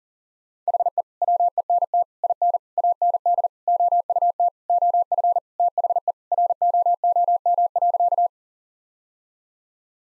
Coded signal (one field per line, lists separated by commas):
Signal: Morse code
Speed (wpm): 40 wpm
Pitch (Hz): 700 Hz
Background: none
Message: HE WENT IN AND OUT OF THE ROOM.